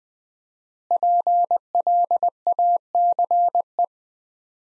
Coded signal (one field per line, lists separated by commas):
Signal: Morse code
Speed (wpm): 21 wpm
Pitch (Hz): 700 Hz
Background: none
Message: PLACE